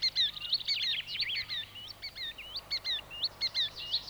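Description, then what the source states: Green Sandpiper calls: clear, high whistled notes in quick, uneven runs, some rising and some falling, repeated throughout. Field recording.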